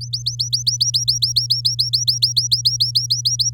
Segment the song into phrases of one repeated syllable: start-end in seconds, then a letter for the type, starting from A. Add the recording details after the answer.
0.01-3.50 A. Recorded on 11 May 2018 at 08:04. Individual llb16